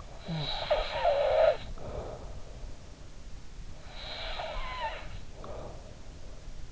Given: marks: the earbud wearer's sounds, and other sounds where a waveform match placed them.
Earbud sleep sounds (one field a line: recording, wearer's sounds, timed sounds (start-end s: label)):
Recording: sounds in sleep by an in-ear microphone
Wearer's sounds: snoring breath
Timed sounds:
0.18-2.43 s: snoring breath
3.89-6.13 s: snoring breath